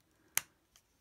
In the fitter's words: seeing as how we only have one robot so far we're not going to be switching anything so this just slides right in clicks